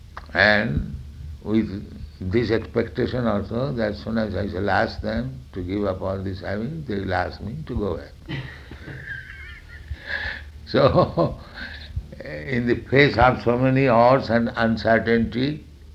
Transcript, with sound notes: and with this expectation also, that "As soon as I shall ask them to give up all these habits, they will ask me to go away." [laughs] So in the face of so many odds and uncertainty,